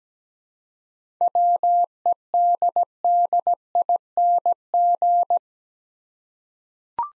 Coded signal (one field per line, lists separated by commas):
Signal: Morse code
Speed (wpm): 17 wpm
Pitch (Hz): 700 Hz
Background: none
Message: WEDDING